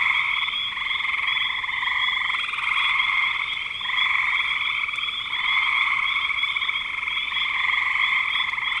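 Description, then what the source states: A frog chorus of steady, high pulsed trills, overlapping into one continuous buzz with small dips in level. Frogs in spring 2025.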